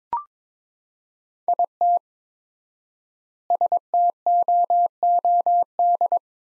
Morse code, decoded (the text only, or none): IT STOOD